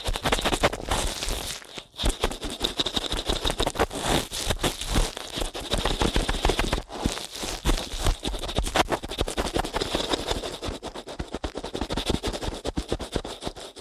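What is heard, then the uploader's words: Rapid, dense scratching and scraping of ear cleaning runs almost nonstop, bright and crackly, with brief dips near two and seven seconds. ASMR Ear Cleaning at Helicopter Speed.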